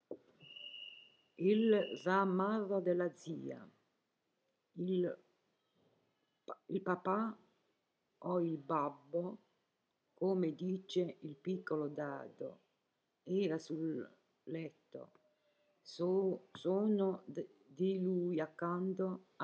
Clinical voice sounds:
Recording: read passage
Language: Italian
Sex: female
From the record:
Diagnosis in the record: healthy control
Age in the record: 70 years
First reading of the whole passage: 149 s, 3.0 characters per second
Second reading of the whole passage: 105 s, 4.4 characters per second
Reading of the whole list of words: 65 s, 4.0 characters per second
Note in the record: marked for poor recording quality or reading difficulty

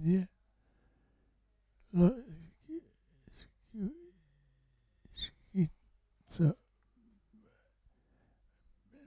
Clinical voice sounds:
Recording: read passage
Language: Italian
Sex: male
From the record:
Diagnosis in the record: Parkinson's disease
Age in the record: 65 years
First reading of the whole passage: 164 s, 3.2 characters per second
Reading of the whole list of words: 151 s, 1.9 characters per second

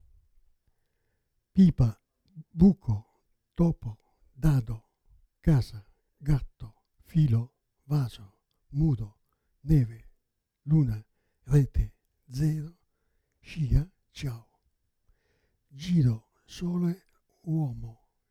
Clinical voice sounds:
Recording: read list of words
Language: Italian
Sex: male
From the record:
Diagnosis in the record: Parkinson's disease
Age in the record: 77 years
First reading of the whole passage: 65 s, 8.0 characters per second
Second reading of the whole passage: 61 s, 8.5 characters per second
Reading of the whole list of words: 50 s, 5.6 characters per second

